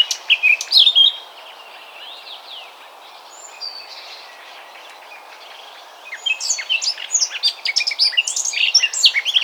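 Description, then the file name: Eurasian blackcap song: a brief warbled burst at the start, a few quiet seconds, then another busy stream of sharp chattering notes. "Sylvia atricapilla"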